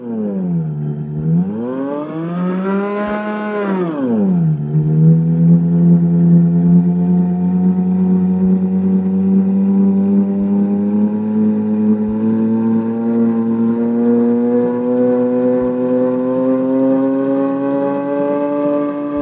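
A Russolo intonarumori howler (ululatore), playing Luigi Russolo's piece "Ululatore", drones loudly with a rich harmonic tone, swooping up and back down in pitch early on, then holding a steady, slowly rising moan with faint periodic clicks underneath.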